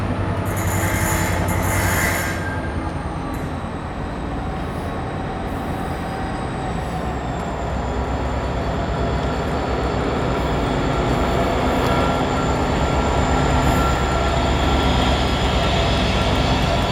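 A train rumbles at a cold station platform, a dense, steady low roar filling the whole clip. Bright hissing bursts come in the first two seconds, and a thin high whine glides downward around six to eight seconds before holding steady.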